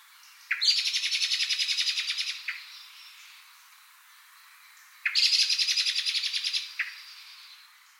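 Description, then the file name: Common blackbird rattling call, two bursts of rapid harsh chattering notes each lasting about two seconds, separated by a pause of roughly two and a half seconds. "Turdus merula"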